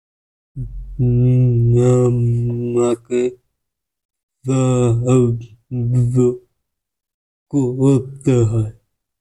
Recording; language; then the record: elicited speech; Bengali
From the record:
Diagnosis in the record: Broca's or global aphasia after a stroke